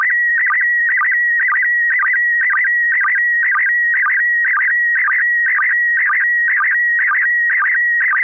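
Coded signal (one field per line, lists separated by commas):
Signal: SSTV (slow-scan television)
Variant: PD120 mode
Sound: steady whistling tone broken twice a second by quick warbling chirps dipping low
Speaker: affirmative this is going to be uh pd1 120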